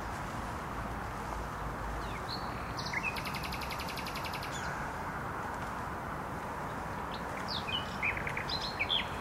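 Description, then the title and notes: Nightingale delivering a harsh buzzy rattle, with a few faint whistles before and sharp chirps near the end, against steady traffic roar. Singing in bushes beside the noisy Trasa Toruńska motorway, Bródno-Podgrodzie, Warsaw, Poland; recorded with an Olympus LS-11. "Bródno-Podgrodzie, Warszawa, Polska - Trasa Toruńska Nightingale. Recording nightingale singing in bushes close to noisy motorway"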